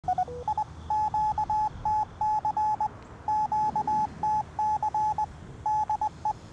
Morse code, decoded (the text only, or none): I QTC QTC DE